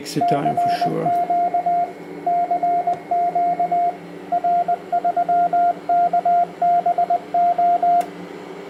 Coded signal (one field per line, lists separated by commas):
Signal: Morse code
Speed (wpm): 20 wpm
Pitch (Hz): 700 Hz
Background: speech, radio noise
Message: CQ CQ R3KBO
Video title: Test power amplifier 1200W SSB/CW 160 – 6 meter amplifier with heat pipes BLF188XR